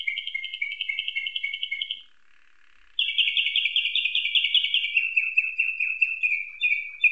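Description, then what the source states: Canary singing rapid buzzy trills, a long even roll, a brief gap, then a louder rolling trill that drops into shorter repeated phrases. Canary tutored with nightingale song ('isian').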